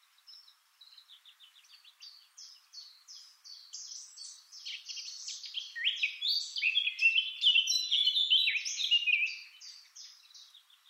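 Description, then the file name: Eurasian blackcap singing, starting with soft, rapid twittering notes that build into a loud, clear fluty warble in the middle before fading into quieter chatter. "Sylvia atricapilla"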